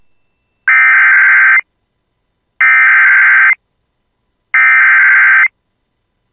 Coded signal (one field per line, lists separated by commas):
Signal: Emergency Alert System (SAME) tones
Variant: header bursts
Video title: [EAS] Continuation of Severe Thunderstorm Warning for Brainerd Lakes Area (9/12/25)